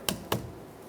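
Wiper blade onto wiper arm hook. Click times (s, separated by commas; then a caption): 0.1 s, 0.3 s. A windshield wiper blade on a 2000-2005 Ford Excursion is slid onto the hooked end of a metal wiper arm and pulled up until its plastic adapter clip latches. Two short, sharp clicks are heard at 0.1 s and 0.3 s. The blade is seated on the wiper arm.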